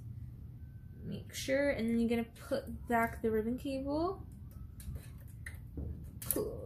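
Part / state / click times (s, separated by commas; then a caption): disc drive ribbon cable into game console board connector / seated / 6.3 s. While reassembling a PlayStation 5 after an HDMI port repair, someone talks as the disc drive's flat ribbon cable is pushed back into its connector on the board. A few soft handling sounds follow, then a sharp click at 6.3 s as the cable seats in the connector.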